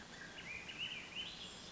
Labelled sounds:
Swainson's Thrush (Catharus ustulatus)
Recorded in Sonoma County, California

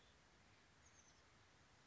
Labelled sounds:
Oak Titmouse (Baeolophus inornatus)
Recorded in Sonoma County, California

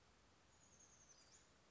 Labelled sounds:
Oak Titmouse (Baeolophus inornatus)
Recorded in Sonoma County, California

